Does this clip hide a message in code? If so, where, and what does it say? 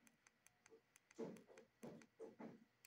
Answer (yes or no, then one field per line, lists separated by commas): no